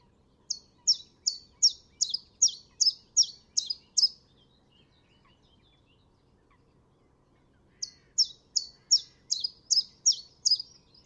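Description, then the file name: Common chiffchaff song phrases: a run of about ten high chiff-chaff notes, a pause of several seconds, then another similar run. "pouillot veloce"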